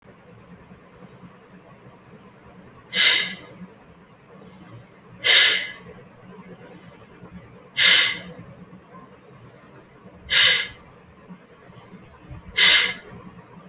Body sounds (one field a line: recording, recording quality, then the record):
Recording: shallow breathing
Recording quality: excellent, no background noise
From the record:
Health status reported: healthy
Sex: male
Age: 24 years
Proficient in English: yes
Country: India